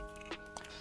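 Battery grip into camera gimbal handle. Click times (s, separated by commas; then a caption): 0.6 s. A battery grip on a DJI RS3 camera gimbal is lined up with the gimbal handle and pushed on until it seats. One sharp, short click sounds at 0.6 s over background music, and the grip clicks into place.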